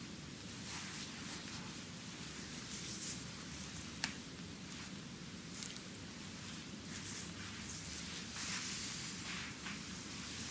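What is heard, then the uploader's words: A Chinese bamboo massage, heard as a dense, steady crackling and rustling texture, like rain or a small fire, with a low rumble underneath. Brighter hissy swells come and go, and a couple of sharp clicks stand out around four and six seconds. ASMR Chinese Bamboo Massage.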